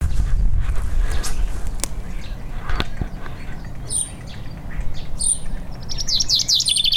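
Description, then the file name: Common chaffinch with a few thin high notes, then a brisk trill of rapid repeated notes at the very end, over low rumbling noise and scattered clicks. "Fringilla coelebs"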